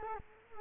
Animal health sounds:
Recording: mosquito wingbeat signal from an infrared sensor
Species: Culex quinquefasciatus

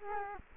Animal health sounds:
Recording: mosquito wingbeat signal from an infrared sensor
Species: Culex quinquefasciatus

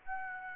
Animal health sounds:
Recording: mosquito wingbeat signal from an infrared sensor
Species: Aedes aegypti

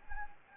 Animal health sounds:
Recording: mosquito wingbeat signal from an infrared sensor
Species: Anopheles gambiae

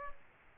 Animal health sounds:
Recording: mosquito wingbeat signal from an infrared sensor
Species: Aedes aegypti

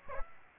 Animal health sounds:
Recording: mosquito wingbeat signal from an infrared sensor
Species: Aedes aegypti

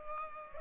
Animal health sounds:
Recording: mosquito wingbeat signal from an infrared sensor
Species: Culex pipiens

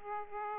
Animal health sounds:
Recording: mosquito wingbeat signal from an infrared sensor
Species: Aedes aegypti

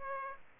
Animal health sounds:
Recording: mosquito wingbeat signal from an infrared sensor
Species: Aedes aegypti

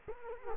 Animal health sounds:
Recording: mosquito wingbeat signal from an infrared sensor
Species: Culex quinquefasciatus

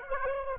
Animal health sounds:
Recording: mosquito wingbeat signal from an infrared sensor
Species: Aedes aegypti

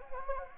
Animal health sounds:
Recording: mosquito wingbeat signal from an infrared sensor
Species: Anopheles gambiae

